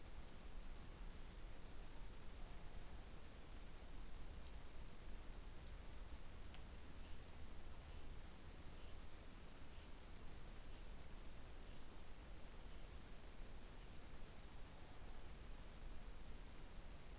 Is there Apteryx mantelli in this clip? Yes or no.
no